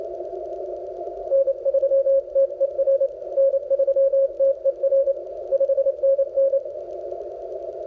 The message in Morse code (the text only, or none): N3TER N3TER 5NN